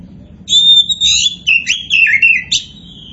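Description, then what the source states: Oriental magpie-robin singing a sustained whistled note, followed by quick, buzzy, descending phrases and a final sharp note. Indonesian 'kacer poci' variety of the bird; 'gacor' describes its vigorous, nonstop singing.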